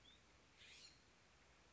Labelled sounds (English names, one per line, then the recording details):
California Scrub-Jay
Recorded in Sonoma County, California